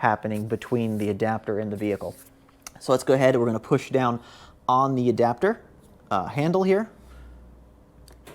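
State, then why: Released. Someone talks, then presses down the J1772 latch handle on a plastic Mavulo 60A Tesla-to-J1772 charging adapter plugged into the car's charge port, to unlatch it and cut off charging so no arc can form between the adapter and the vehicle. A short click is heard at 8.1 s as the latch releases. The handle lifts easily and the charger turns off.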